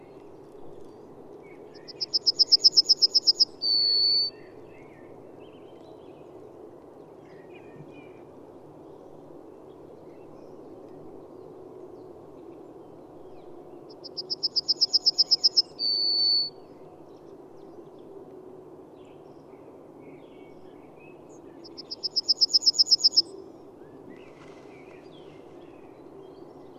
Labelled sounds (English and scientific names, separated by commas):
Yellowhammer (Emberiza citrinella) song